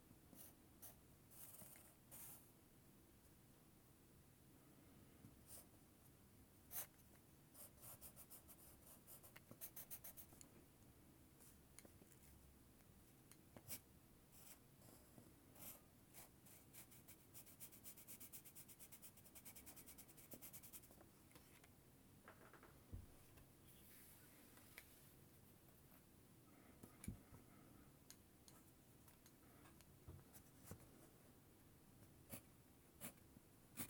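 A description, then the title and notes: A pencil scratches across white paper while a picture is drawn, a steady, dense rasp of short strokes running throughout. Sharper ticks and taps punctuate it every few seconds, notably around 7, 10, 14, 23 and 27 seconds, with occasional brighter scribbling bursts. 鉛筆で絵を描く音（Binaural）- The sound of drawing a picture with a pencil. 白い紙に鉛筆でカリカリと絵を描きました。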